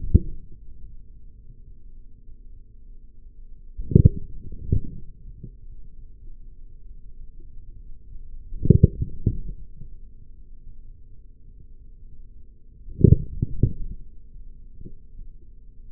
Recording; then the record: forearm muscle sounds (acoustic myography)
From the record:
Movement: forearm supination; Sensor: system 3, bracelet of six PUI Audio POM-2738L microphones around the upper forearm, with dedicated amplification and filtering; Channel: 3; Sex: male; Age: 43 years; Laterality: right